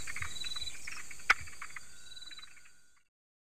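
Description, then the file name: Savanna tree frog giving a single sharp click near the middle, over a steady high insect drone and scattered faint chirps, before the sound cuts off. "Leptopelis viridis"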